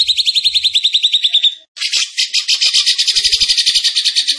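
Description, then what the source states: Bird song: a quick series of clear, high, evenly spaced notes, a short gap, then a harsher, buzzier run of rapid pulses. Masteran training recording of a bird singing energetically (gacor) in tembakan style; Indonesia.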